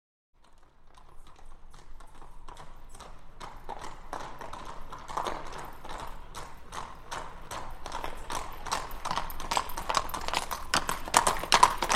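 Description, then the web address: Horse hoofbeats, sharp clopping strikes that start faint and grow steadily louder as the trotting rhythm approaches, about three strikes per second. Two horses trotting by on cobbles. "Hollywood Edge Historical Series War Horses Armies Weapons Two Horses Trot By On Cobbles"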